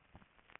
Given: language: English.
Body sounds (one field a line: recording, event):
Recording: throat vibration sensor signal played as sound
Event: swallow